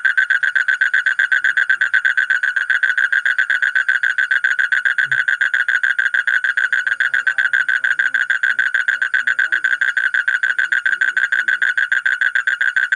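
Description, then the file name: Asian common toad producing a continuous fast trill of pulsed notes, with no pause across the whole stretch. "suara kodok bangkong kolong kodok buduk"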